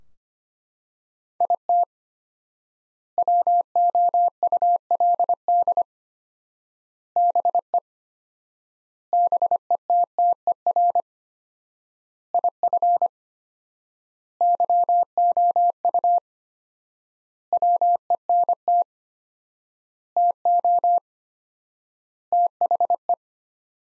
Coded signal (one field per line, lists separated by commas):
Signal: Morse code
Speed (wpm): 25 wpm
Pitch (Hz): 700 Hz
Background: none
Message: IT WOULD BE BETTER IF YOU WENT TO THE